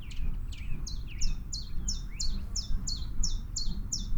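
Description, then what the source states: Common chiffchaff song: a series of crisp, downslurred high notes over loud low background noise. Song of an adult bird.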